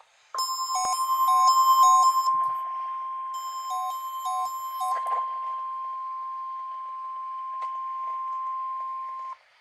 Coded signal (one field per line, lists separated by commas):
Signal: Emergency Alert System (SAME) tones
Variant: 1050 Hz attention tone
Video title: EAS #15 - Required Weekly Test on KIH-29